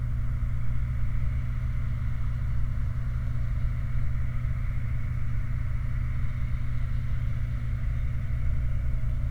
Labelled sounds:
machinery
flare stack
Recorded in the Prudhoe Bay oil fields, Alaska, on 29 July 2019 at 04:13
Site 29

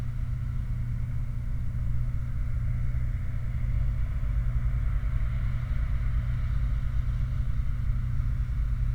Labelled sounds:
machinery
flare stack
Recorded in the Prudhoe Bay oil fields, Alaska, on 28 July 2019 at 23:28
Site 29

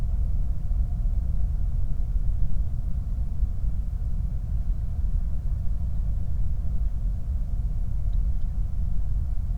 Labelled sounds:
songbird
flare stack
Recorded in the Prudhoe Bay oil fields, Alaska, on 8 July 2019 at 00:00
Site 25

